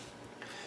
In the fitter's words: and it locks into place